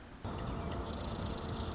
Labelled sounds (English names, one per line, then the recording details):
Marsh Wren
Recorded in Sonoma County, California